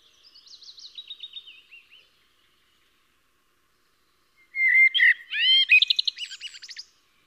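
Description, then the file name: Common blackbird song: a faint, high twittering trill, a pause of about two and a half seconds, then a loud, mellow, fluted phrase ending in rapid, buzzy, high twitters. "Turdus merula"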